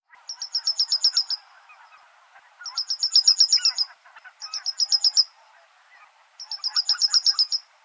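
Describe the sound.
Bird song in four bursts, each a rapid run of high sharp repeated notes over a lower jumble of twittering, with short pauses between phrases.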